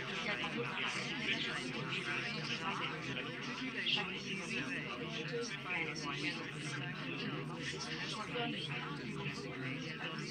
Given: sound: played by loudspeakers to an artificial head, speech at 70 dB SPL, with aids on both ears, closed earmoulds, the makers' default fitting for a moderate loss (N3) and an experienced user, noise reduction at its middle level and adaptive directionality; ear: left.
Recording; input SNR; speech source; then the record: speech test signal (ISTS) in cocktail-party noise; -6 dB; on the right (90 degrees)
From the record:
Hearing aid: class 2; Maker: F